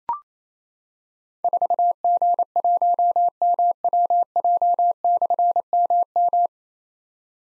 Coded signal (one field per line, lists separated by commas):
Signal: Morse code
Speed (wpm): 28 wpm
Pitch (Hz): 700 Hz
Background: none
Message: 4G1MWJ/MM